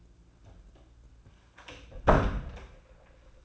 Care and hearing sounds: daily activity, microphone in the room; close door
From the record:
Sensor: 2

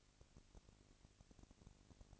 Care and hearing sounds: daily activity, microphone in the room; no activity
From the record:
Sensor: 4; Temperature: 22.3 degrees Celsius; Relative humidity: 31.9%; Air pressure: 997.8 hPa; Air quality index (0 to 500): 203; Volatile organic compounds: 17 ppm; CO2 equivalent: 2570 ppm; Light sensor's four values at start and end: 2/3/1/1 and 2/3/1/1

